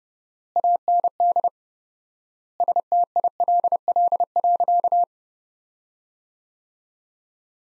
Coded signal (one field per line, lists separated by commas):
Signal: Morse code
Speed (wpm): 30 wpm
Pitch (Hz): 700 Hz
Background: none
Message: AND STILL.